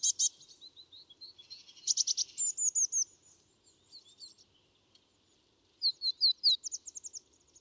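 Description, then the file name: Eurasian blue tit calls: harsh buzzy churrs early on, thin high slurred notes, and a run of quick chips near the end, over a faint low background hum. "Cyanistes caeruleus"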